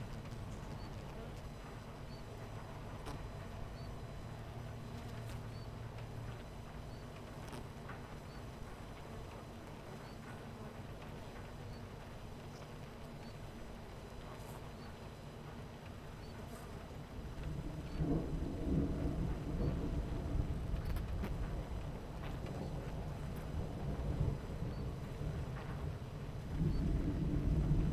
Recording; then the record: honeybee colony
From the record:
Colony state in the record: missing queen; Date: 14 July 2017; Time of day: 11:40